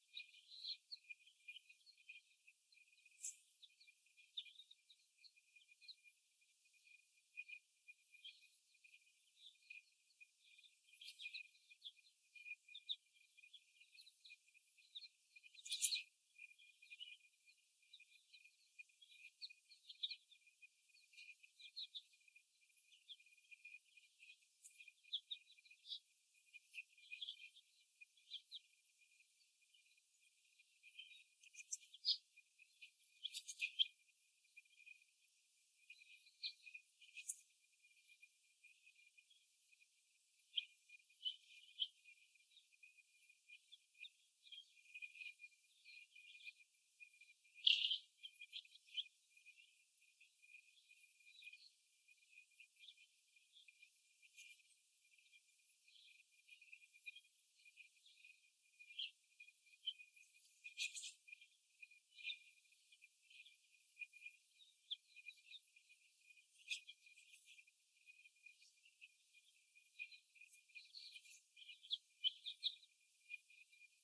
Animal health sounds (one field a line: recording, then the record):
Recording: young laying hens in a cage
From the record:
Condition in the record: before the stressor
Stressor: simulated dog barking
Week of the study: 1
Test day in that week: 1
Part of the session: 2